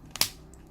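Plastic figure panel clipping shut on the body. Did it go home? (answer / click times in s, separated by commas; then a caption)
yes / 0.2 s. A plastic Transformers figure panel is closed against the body during transformation to car mode and clips shut. A short tap at 0.2 s leads into a louder, sharp, bright click at 0.2 s with a brief decay, followed by a faint tick near 0.5 s. The panel clips closed and seats.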